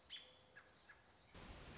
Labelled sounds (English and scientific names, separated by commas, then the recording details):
American Robin (Turdus migratorius)
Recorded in Sonoma County, California